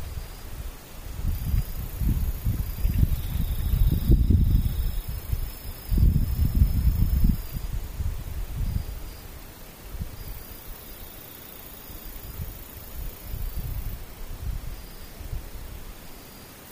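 A near-silent outdoor scene with insects faintly buzzing in the distance, a thin high steady tone that comes and goes in long stretches. Soft low rumbling gusts swell underneath, strongest in the first half, then settle into a quieter murmur.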